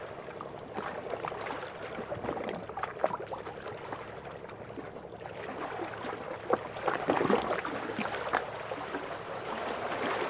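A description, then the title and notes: Water laps and splashes in a steady, dense wash, with small slaps and drips crowding the middle range. Sharper splashes stand out around three seconds and again between six and eight and a half seconds, over a faint low rumble. Waves and water soundscape, Music for Sleep.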